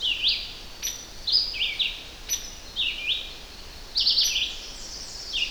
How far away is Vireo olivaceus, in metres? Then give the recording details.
about 15 m. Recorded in boreal forest in Alberta, Canada, on 10 June 2016 at 06:32. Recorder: SongMeter 3, array SBT-3-39. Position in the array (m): 202 m, 120 m